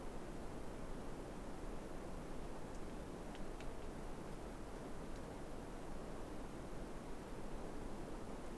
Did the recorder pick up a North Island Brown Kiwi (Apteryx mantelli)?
no